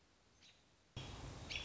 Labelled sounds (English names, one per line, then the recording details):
American Robin
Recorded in Sonoma County, California